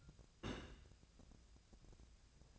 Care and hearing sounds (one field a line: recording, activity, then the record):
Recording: daily activity, microphone in the room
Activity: place on stove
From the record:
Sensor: 2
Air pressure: 999.8 hPa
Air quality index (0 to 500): 123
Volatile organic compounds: 2 ppm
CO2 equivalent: 1060 ppm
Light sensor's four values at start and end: 32/80/35/39 and 32/81/35/39